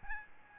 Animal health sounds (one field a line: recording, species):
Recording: mosquito wingbeat signal from an infrared sensor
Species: Aedes albopictus